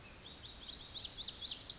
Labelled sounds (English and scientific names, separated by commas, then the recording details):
Lazuli Bunting (Passerina amoena)
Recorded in Sonoma County, California